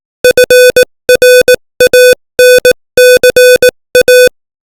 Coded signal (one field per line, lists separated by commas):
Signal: Morse code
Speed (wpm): 18 wpm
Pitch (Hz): 500 Hz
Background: music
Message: FRANCA